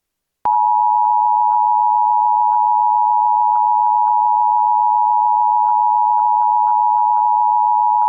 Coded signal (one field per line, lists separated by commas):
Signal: Emergency Alert System (SAME) tones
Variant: 853 and 960 Hz attention tone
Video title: EAS Child Abduction Emergency (AMBER Alert) Milwaukee, Wisconsin Regional Alert